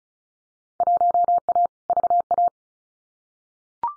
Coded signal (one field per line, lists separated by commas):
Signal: Morse code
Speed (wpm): 36 wpm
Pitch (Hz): 700 Hz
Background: none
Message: 1A VA